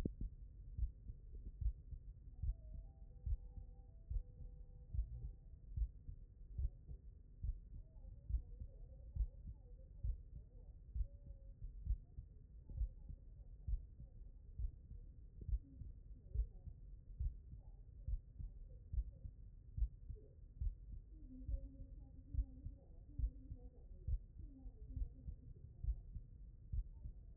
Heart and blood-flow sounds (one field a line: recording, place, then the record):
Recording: heart sounds by stethoscope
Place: mitral valve (MV)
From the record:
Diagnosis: non-HFrEF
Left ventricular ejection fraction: 64%